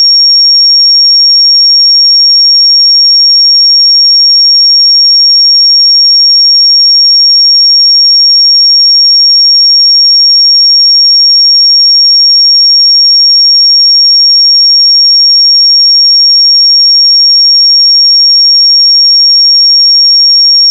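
A pure sine tone at 5552 Hz holds perfectly steady for the full twenty-one seconds. It is a single thin, bright, high whistle with constant loudness, no wavering, no gaps and no other sounds around it.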